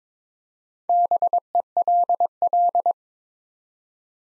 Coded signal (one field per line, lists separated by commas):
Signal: Morse code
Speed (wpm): 22 wpm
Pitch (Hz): 700 Hz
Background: none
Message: BELL